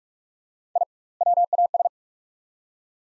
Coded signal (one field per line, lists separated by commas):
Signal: Morse code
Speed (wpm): 41 wpm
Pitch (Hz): 700 Hz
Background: none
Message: I WAS